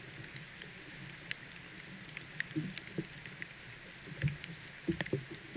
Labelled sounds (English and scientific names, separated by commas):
none